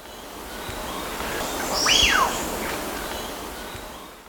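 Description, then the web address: Wattled guan call: one loud whistle that climbs steeply and falls away again, lasting about half a second, against a constant noisy background. Ecuador. "Birds of Ecuador. Wattled Guan"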